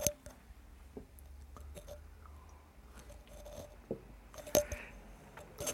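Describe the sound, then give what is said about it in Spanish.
Someone takes a few sips of water, with soft wet mouth clicks and swallows scattered over a low, quiet rumble, plus an occasional sharper tap of handling. “Cuando leemos un cuento de hadas, normalmente los historiadores, bueno, perdón, los que los escriben, perdón, déjenme tomar un poco de agua.”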